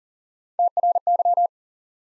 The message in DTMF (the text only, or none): none